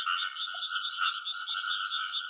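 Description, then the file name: Frogs in a continuous chorus, overlapping buzzy trilled calls forming a steady wall of sound with a few lower notes poking through briefly. "カエルの鳴き声"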